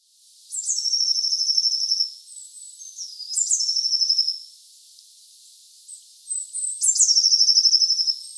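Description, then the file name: Eurasian blue tit giving three high thin notes, each sliding down into a buzzy trill, repeated about every three seconds, with faint high chips between. "Cyanistes caeruleus"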